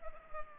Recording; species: mosquito wingbeat signal from an infrared sensor; Culex pipiens